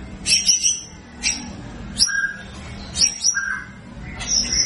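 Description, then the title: White-rumped shama calls, high squeaky notes repeated roughly once a second, with a few lower whistled notes between them. Actively singing (gacor) bird, used as a lure to make birds respond at once. "PANCINGAN MURAI BATU GACOR, LANGSUNG RESPON"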